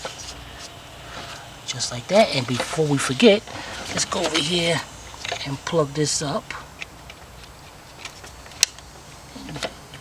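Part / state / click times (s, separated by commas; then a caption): engine harness connector onto throttle body area sensor / seated / 8.6 s. Someone talks while an engine harness electrical connector near the throttle body of a 2014-2020 Acura RLX is plugged in during fuel injector replacement. After some quieter handling noises, the connector is pushed on until it latches with a sharp click at 8.6 s, fully seated.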